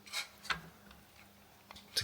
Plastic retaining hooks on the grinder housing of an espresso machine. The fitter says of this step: get them ah there you go to snap into place.